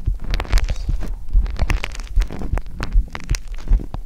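A calming, steady adult heartbeat heard on bare skin through a black 3Dio binaural microphone.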